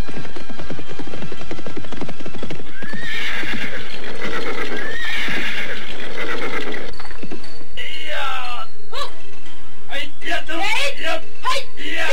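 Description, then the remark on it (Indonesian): Horses of an arriving troop of mounted soldiers whinny several times, loud high wavering neighs rising and falling, while a run of sharp hoof clip-clops taps out toward the end. “Pada saat ketegangan tengah memuncak, serombongan pasukan berkuda datang ke tempat mereka. Setelah menambatkan kuda mereka, rombongan pasukan itu berkelebat naik ke atas tebing yang berbatu terjal.”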